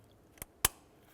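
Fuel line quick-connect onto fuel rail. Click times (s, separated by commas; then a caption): 0.7 s. On a 2011–2018 Ram 1500, during an MDS solenoid replacement, a fuel line quick-connect is pushed up from the bottom onto the fuel rail. A faint tick at 0.4 s is followed by a sharp, loud click at 0.7 s as the coupling snaps into place and seats.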